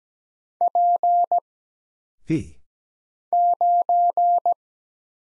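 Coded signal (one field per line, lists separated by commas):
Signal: Morse code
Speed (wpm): 17 wpm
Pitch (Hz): 700 Hz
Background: none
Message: P 9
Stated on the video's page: Morse practice of single characters (letters, numbers, punctuation, prosigns) at 17 wpm for instant character recognition.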